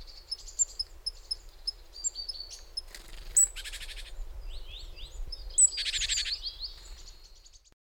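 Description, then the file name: Great tit calls: a run of sharp, high chirps and short tonal notes, broken by two harsh, buzzy churring rattles. "Parus major"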